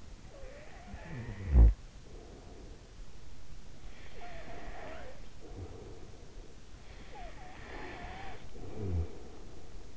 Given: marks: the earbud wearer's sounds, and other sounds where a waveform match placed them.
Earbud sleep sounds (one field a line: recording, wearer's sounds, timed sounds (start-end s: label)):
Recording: sounds in sleep by an in-ear microphone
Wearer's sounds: snoring breath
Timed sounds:
0.00-2.63 s: snoring breath
3.83-6.37 s: snoring breath
6.97-9.40 s: snoring breath